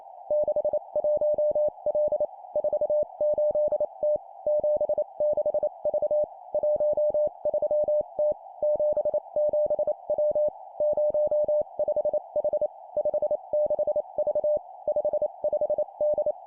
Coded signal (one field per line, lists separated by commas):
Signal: Morse code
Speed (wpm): 28 wpm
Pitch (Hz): 600 Hz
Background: none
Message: 61L 48T 76V 13T 77W 05H 56V 55D